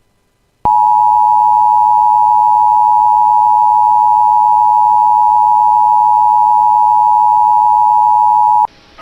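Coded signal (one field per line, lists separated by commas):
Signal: Emergency Alert System (SAME) tones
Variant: 853 and 960 Hz attention tone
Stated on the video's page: Winter Storm Warning SAME tones received from a NOAA Weather Radio transmitter.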